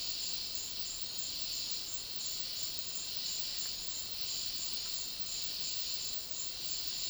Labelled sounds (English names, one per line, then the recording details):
none
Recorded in dense forest near Puerto Asís, Putumayo, Colombia, on 20 February 2024 at 11:00
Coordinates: 0.500, -76.322
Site G6465